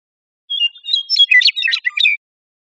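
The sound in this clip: Western meadowlark giving one rich, flutey, warbled phrase of quick clear notes lasting under two seconds, with no other sound around it.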